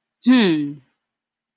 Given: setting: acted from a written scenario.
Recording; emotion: vocal sound without words; confusion